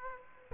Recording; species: mosquito wingbeat signal from an infrared sensor; Aedes aegypti